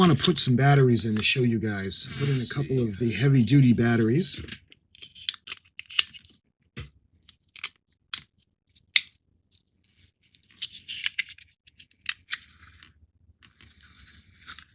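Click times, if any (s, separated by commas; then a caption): none. Someone talks while heavy-duty batteries go into the plastic LED battery box of a CubicFun 1:302 scale RMS Titanic 3D puzzle kit. A series of sharp plastic ticks and clacks follows as the battery compartment cover is handled and pushed toward shut. The clip ends before the cover goes home, so nothing has seated or clicked into place yet.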